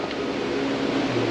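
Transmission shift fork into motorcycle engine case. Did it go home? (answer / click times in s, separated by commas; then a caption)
no / none. A transmission shift fork with its locating pin and clip is handled while being fitted into the engine case of a 1968 Honda CB350 motorcycle during an engine rebuild. Only a steady, even broadband hiss with a low hum runs through the short clip, with no distinct impacts. Nothing has seated or clicked yet.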